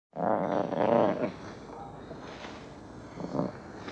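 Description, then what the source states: Lion giving a rough growl lasting about a second, then faint grumbling and a short growl near the end. Lion fussing and playing.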